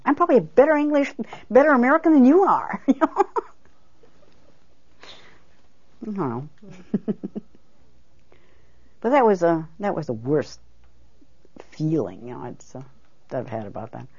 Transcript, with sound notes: I'm probably a better English, better American than you are, you know?" (She laughs.) But that was a, that was the worst feeling, you know, that I've had about that.